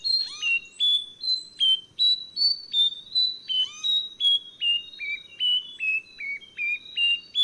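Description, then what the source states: Nightingale Wren song: a series of pure whistled notes, each at a different pitch, some sliding down, about two or three per second. Whistling an out-of-tune song.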